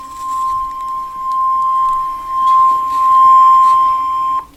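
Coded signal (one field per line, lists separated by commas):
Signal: Emergency Alert System (SAME) tones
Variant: 1050 Hz attention tone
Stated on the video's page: Oklahoma Tornado Watch captured from an online NOAA Weather Radio stream.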